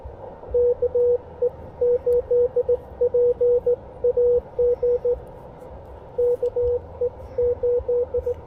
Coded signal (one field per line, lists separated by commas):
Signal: Morse code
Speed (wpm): 17 wpm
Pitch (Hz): 490 Hz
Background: radio noise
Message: KE8PAG KE8